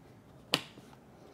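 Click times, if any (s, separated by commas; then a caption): 0.5 s. A battery pack is pressed into the body of a Unitree GO2 EDU quadruped robot dog until it latches, with a single sharp, loud click at 0.5 seconds. Faint low-level noise surrounds the click. The battery seats firmly in place.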